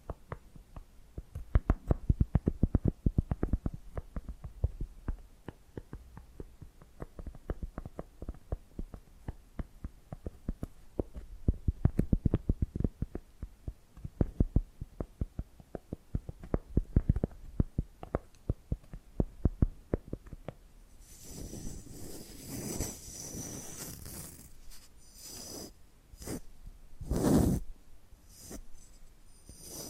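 Rapid, dense tapping fills the first twenty seconds, a busy run of sharp knocks with a low thump under each, rising and falling in loudness. Around twenty-one seconds it shifts to scratching: bright, hissy strokes in irregular bursts, with one louder scrape near twenty-seven seconds.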